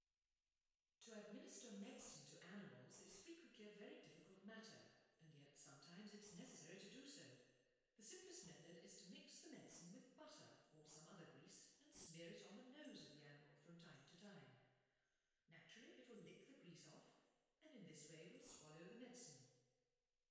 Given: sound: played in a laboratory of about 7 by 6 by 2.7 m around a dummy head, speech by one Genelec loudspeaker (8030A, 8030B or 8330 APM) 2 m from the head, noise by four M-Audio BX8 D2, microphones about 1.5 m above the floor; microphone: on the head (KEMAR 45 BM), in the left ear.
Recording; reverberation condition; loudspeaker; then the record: female speech in English; high; 30 degrees to the right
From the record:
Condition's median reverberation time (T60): about 1300 ms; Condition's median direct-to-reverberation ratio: about -4.0 dB